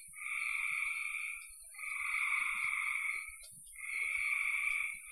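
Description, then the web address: Frogs give three long rasping trills over a constant high hiss. "cn frogs"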